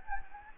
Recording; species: mosquito wingbeat signal from an infrared sensor; Anopheles gambiae